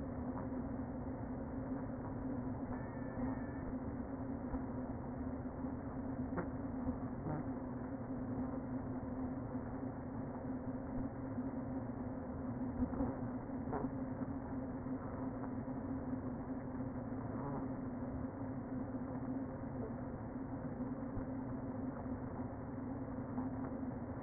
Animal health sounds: honeybee colony, microphone inside the hive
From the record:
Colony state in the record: queen present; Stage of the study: before two queens were removed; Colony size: about 60,000 bees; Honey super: yes

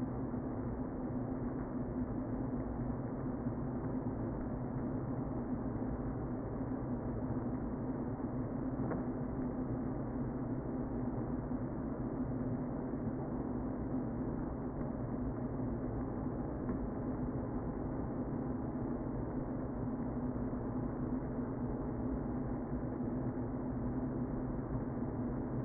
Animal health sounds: honeybee colony, microphone inside the hive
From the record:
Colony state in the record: queen present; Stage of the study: before two queens were removed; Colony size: about 60,000 bees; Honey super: yes

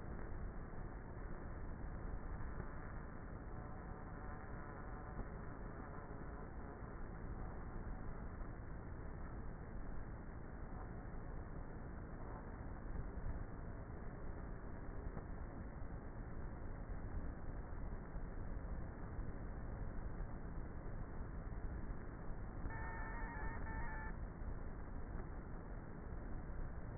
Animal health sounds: honeybee colony, microphone inside the hive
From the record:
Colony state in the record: queenless with a low population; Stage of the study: before two queens were removed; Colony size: about 30,000 bees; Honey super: no

